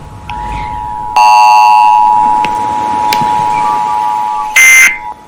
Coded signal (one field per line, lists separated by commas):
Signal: Emergency Alert System (SAME) tones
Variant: 853 and 960 Hz attention tone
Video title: My dad makes a fake emergency alert/grounded